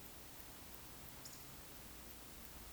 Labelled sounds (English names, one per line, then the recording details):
Eurasian Woodcock whistle
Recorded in Baden-Württemberg, Germany, on 9 May 2021 at 19:43 UTC
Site 23718, 552 m above sea level